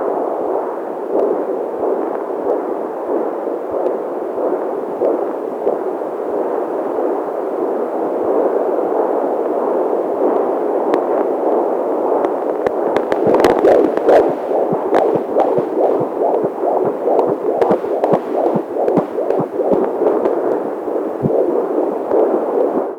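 Rapid, rhythmic whooshing pulses at about 143 a minute over a steady muffled hiss, louder toward the middle. These are a baby's heartbeats in the womb heard together with the mother's, a normal finding.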